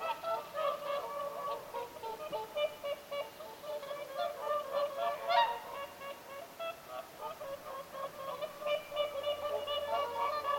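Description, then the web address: Whooper swans trumpet steadily, a flock's rich honking notes overlapping continuously, with one louder bugle standing out midway. Whooper swans calling at Lintulahti, 6 November 2025. "paivat 6 11 2025 laulujoutsenten aantelya lintulahdella"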